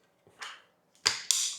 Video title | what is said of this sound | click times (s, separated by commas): Looking for a Steam Carpet Cleaner That Actually Works? - UWANT Y100 Steam Review | Push it on to click it into place. | 1.1 s, 1.3 s